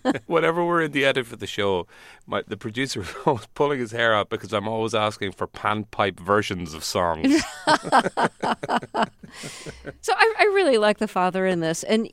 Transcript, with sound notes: Whenever we're at the end of the show, my - the producer's always pulling his hair out because I'm always asking for panpipe versions of songs.
(LAUGHTER)
So I really like the father in this.